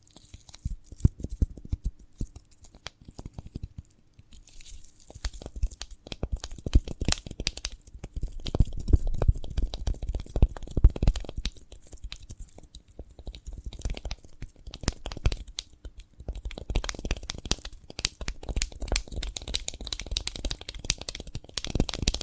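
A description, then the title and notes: Crisp, irregular crunching and tearing from a sprouted coconut being handled and broken apart, with dense clusters of sharp cracks and snaps. The bursts come in waves with short quieter gaps near four and sixteen seconds, and a faint low hum sits underneath throughout. ASMR of a Sprouted Coconut (No Talking).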